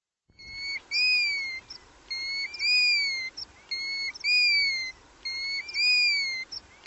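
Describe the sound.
Bird calling with clear whistled notes, each a rising-then-falling slurred phrase, given in a regular series of four calls about every one and a half seconds over a steady background hiss.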